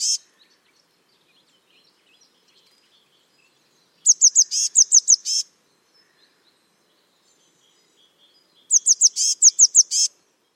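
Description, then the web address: Eurasian blue tit calls: a brief note at the start, then two bursts of rapid high thin notes, each a quick series of several sharp notes. "Deverinetal 2025 File origin Bird Only Cy Ca"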